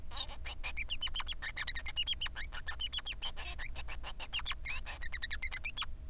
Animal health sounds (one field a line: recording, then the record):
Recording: song of a male Bengalese finch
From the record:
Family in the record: son of father 3